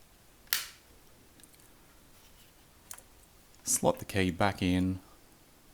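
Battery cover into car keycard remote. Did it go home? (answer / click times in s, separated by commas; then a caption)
yes / 0.5 s. A black plastic battery cover is pushed down firmly into the plastic housing of a Renault Clio keycard remote and clicks home at 0.5 s with a single sharp snap, seating it. A few faint ticks follow, then someone talks near the end.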